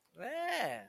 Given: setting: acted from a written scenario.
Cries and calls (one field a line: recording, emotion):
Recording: vocal sound without words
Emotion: realization